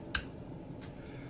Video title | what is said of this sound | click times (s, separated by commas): Sebenza vs. Inkosi | and then the final click. | 0.1 s